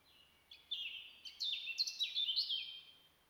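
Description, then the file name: European robin song, a liquid tumbling phrase of quick high notes and trills rising and falling. "Erithacus rubecula"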